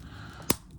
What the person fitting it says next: There. Now it snaps into place.